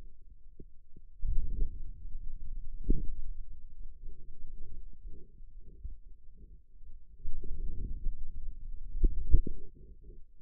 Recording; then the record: forearm muscle sounds (acoustic myography)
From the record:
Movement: outward rotation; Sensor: system 2, bracelet of six BSWA MPA416 microphones around the upper forearm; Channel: 1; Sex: male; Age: 22 years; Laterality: right